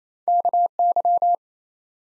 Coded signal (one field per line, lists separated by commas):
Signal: Morse code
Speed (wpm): 28 wpm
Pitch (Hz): 700 Hz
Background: none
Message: KY